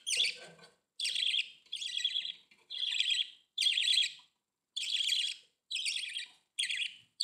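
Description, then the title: Budgerigar chattering calls, a series of harsh, buzzy chirrups in quick bursts separated by brief pauses, with softer lower twitters at the start. "Budgie Sounds"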